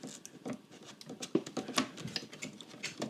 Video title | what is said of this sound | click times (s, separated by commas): Fractal Design Terra Jade - My first EVER Mini ITX Build! - Ryzen 5 8500G - AMD Radeon RX 7600 | we go, just push that in until it clicks in. | 1.8 s